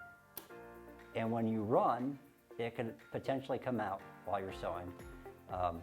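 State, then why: Seated. The front latch of a bobbin case snaps into a sewing machine with a sharp click at 0.4 s, a demonstration that the snap means the bobbin case is locked in. After the click, someone talks. The bobbin case is seated and locked.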